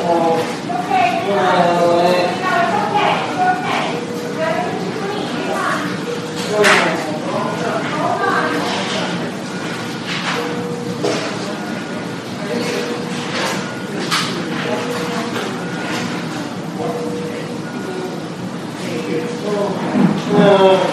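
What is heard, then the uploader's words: Hospital emergency room with overlapping voices talking throughout, a busy, steady murmur of speech. Short steady tones sound repeatedly from about ten seconds on, like a monitor beeping, and a few sharp clatters break through near seven and fourteen seconds. Hospital Emergency Room.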